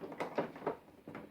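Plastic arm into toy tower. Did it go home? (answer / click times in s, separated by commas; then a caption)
no / none. A second plastic arm is handled and pushed against a toy tower, making a few short plastic knocks and rattles around 0.2, 0.4, 0.7 and 1.15 seconds. Nothing has seated or clicked into place yet; the arm is still only being handled when the clip ends.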